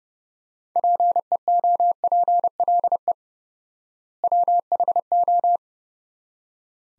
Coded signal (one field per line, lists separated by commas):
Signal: Morse code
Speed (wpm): 30 wpm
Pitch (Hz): 700 Hz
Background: none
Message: PEOPLE WHO